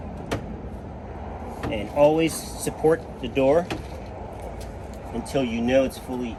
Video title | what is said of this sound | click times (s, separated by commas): Whirlpool Wall Oven Door Glass Installation | So you should insert it and you'll hear a click. | 0.3 s